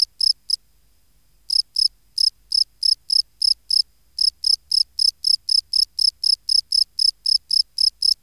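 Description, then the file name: Field cricket chirping in short bright pulses: a few chirps, a silent gap near the start, then a steady run, with a quiet background. "Bio Acoustica Gryllus campestris"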